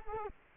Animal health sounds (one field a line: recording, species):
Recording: mosquito wingbeat signal from an infrared sensor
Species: Culex quinquefasciatus